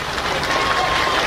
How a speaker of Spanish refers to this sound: Aplausos porque ahora llega Odiseo